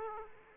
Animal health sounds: mosquito wingbeat signal from an infrared sensor; Aedes aegypti

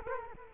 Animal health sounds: mosquito wingbeat signal from an infrared sensor; Culex quinquefasciatus

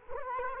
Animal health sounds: mosquito wingbeat signal from an infrared sensor; Culex quinquefasciatus

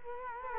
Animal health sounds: mosquito wingbeat signal from an infrared sensor; Culex quinquefasciatus

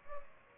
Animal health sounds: mosquito wingbeat signal from an infrared sensor; Aedes aegypti

